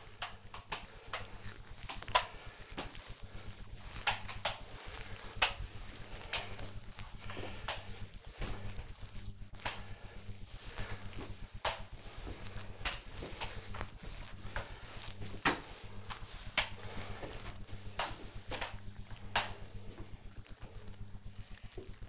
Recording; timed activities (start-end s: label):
household activities, microphone on the right wrist
0.00-19.58 s: floor cleaning